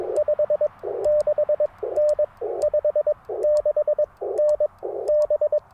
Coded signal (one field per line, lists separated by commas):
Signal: Morse code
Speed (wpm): 19 wpm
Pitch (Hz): 610 Hz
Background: radio noise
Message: 56N 56N B